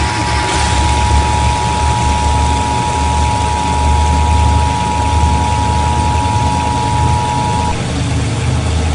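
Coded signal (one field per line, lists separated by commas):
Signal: Emergency Alert System (SAME) tones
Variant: 853 and 960 Hz attention tone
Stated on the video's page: Fictional EAS scenario; the alert did not happen in real life.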